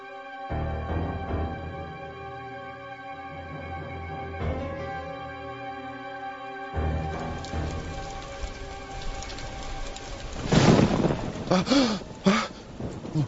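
Heavy rain pours in a steady, dense hiss, swelling near the end into louder, rumbling bursts like thunder breaking through the downpour.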